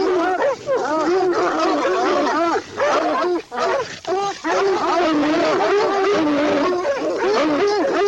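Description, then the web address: Dogs barking and howling together, arching yelps over a sustained howling chorus. "Sounds Halloween Haunted House Dogs"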